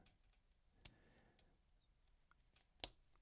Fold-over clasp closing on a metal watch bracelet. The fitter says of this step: there. So, snap shut with a nice positive click.